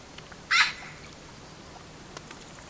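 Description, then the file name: Eurasian magpie uttering a single short, harsh, noisy chack, followed by quiet background. "Pica pica"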